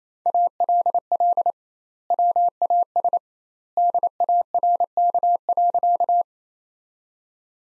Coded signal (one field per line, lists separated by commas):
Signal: Morse code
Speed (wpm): 28 wpm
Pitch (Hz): 700 Hz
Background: none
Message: ALL WAS DARK.